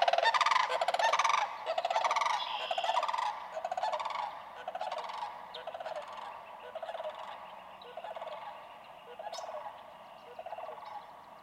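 Sandhill cranes calling in a chorus, overlapping rolling, pulsed trumpeting rattles repeated steadily throughout, loud at first and slowly fading.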